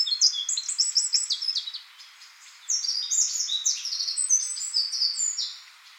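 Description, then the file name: Eurasian wren song: fast, piercing trills and sharp twittering notes in two energetic phrases, with a soft background hiss. "Troglodytes troglodytes"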